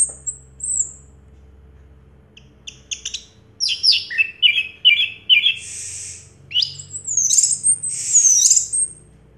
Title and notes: Anis Merah Teler Suara Jernih. suara anis merah